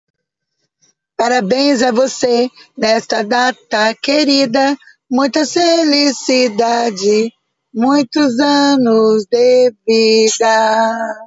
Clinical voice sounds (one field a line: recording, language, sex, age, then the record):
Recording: short text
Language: Brazilian Portuguese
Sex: female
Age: 40 to 49 years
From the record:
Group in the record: control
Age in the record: 44 years